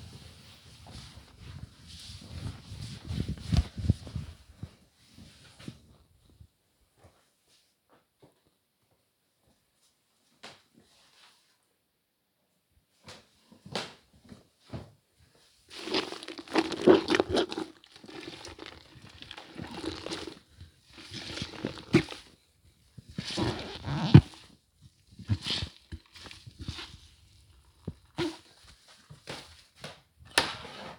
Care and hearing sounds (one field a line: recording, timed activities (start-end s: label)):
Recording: household activities, microphone on the right wrist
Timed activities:
0.00-7.41 s: window cleaning
16.44-30.99 s: floor cleaning